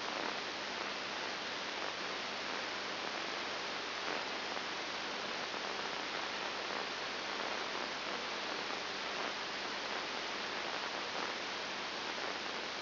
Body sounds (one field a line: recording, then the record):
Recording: brain microelectrode recording played as sound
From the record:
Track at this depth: inside the subthalamic nucleus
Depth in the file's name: 4.701 mm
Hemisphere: left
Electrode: 2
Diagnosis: Parkinson's disease